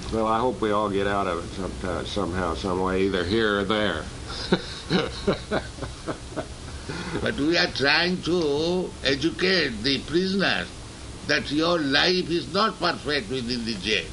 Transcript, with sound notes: Well, I hope we all get out of it sometime, somehow, someway, either here or there. [laughs]
But we are trying to educate the prisoners that "Your life is not perfect within the jail.